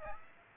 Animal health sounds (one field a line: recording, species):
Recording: mosquito wingbeat signal from an infrared sensor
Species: Aedes aegypti